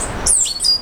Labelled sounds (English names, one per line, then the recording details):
Stitchbird song
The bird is a male
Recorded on Tiritiri Matangi Island, New Zealand, in 2005
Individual 9, of nest box 11